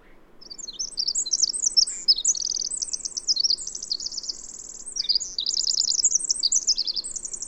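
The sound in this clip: Bird singing a long, rambling high warble of chirps and trills with one short lull before the twittering resumes at full pace.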